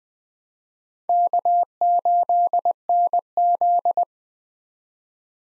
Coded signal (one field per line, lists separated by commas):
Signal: Morse code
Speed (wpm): 20 wpm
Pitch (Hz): 700 Hz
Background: none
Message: K8NZ